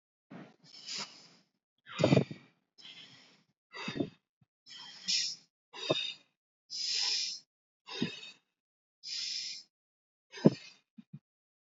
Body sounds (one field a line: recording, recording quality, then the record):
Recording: deep breathing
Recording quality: excellent, no background noise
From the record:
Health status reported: respiratory illness, not identified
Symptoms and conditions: asthma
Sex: female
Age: 55 years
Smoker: not ticked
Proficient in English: yes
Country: India